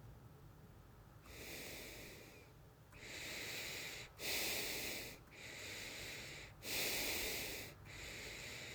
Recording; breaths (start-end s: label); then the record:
nose breathing near a microphone
1.17-2.82 s: exhalation
2.82-4.05 s: inhalation
4.05-5.16 s: exhalation
5.16-6.55 s: inhalation
6.55-7.76 s: exhalation
7.76-8.75 s: inhalation
From the record:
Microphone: phone